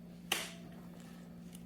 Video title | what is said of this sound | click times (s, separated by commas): VSETT 8 / 8+ Electric Scooter - Check Before Your Ride | and that denotes that it's actually engaged | 0.3 s